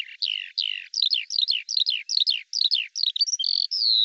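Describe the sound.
Eurasian skylark song of rapid, rhythmic downslurred chirps repeated in quick succession, ending in a few level whistled notes; no other sounds heard.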